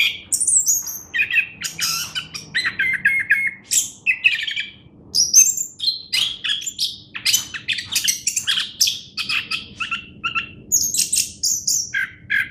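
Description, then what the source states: Chestnut-capped thrush delivering continuous energetic song: varied whistled phrases, sharp chips and grating notes tumbling quickly, high and bright throughout. Captive bird, locally called anis kembang, kept at a bird shop in Graha Raya, Tangerang.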